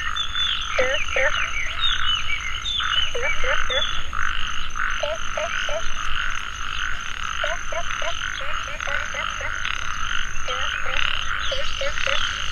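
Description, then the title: Many frogs calling together: an unbroken droning background and bursts of short twanging croaks in twos and threes. Frogs calling in a mountain valley at dusk; field recording. "傍晚山谷里的蛙和鸟齐鸣 声谷"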